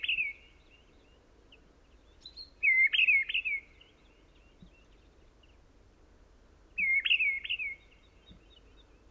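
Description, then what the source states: Mistle Thrush song: a few short, rich fluty whistled phrases, each of a few loud notes, separated by quiet gaps. In a pine wood; recorded 30 January 2021, sunny windless morning with the sky clearing after days of rain, Plateau de Lesches-en-Diois, Drôme, 1000 m altitude; Nagra Seven with Telinga P7 parabolic reflector.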